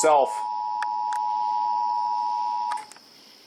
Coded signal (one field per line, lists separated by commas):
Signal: Emergency Alert System (SAME) tones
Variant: 853 and 960 Hz attention tone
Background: speech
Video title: FLASH FLOOD EMERGENCY... EAS Alerts from 8/15/20 (EAS #4,933 - 4,965)